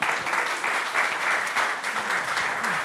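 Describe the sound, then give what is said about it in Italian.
A crowd applauds Arnaldo steadily, many hands clapping in a dense, even wash of sound that holds at a fairly loud level throughout without breaks or voices. “Ecco, un applauso ad Arnaldo.”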